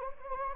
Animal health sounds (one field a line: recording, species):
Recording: mosquito wingbeat signal from an infrared sensor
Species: Anopheles gambiae